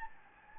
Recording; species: mosquito wingbeat signal from an infrared sensor; Anopheles gambiae